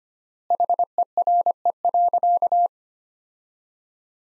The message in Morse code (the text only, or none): HERE.